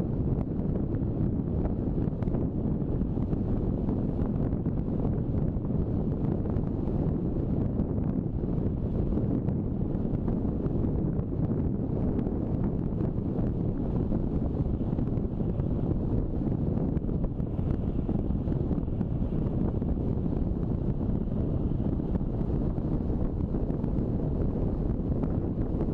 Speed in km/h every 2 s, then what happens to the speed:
40, 40, 40, 41, 41, 40, 40, 41, 40, 40, 41, 42, 42.
0-26 steady at about 40.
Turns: none.